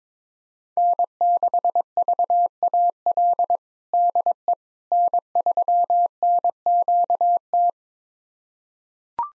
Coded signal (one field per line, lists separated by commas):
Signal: Morse code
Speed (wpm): 22 wpm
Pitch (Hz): 700 Hz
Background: none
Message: N6VAL DE N3NQT